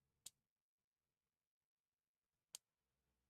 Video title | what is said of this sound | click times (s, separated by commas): LEGO PEUGEOT 9X8 LeMans24h Hypercar [42156] | There we go. That's a nice click. | 2.6 s